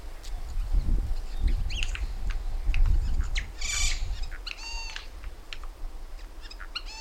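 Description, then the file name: Eurasian jay gives a single harsh screech midway, followed by nasal buzzy calls; low rumbling noise fills the first half. "Garrulus glandarius"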